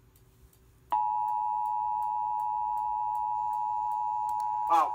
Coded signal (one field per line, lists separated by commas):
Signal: Emergency Alert System (SAME) tones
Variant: 853 and 960 Hz attention tone